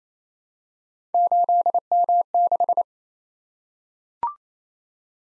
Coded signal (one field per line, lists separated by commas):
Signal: Morse code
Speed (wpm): 28 wpm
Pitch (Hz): 700 Hz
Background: none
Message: 8M6